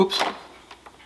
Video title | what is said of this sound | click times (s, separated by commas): Frigidaire Cubes are too big! | it didn't lock in did it | none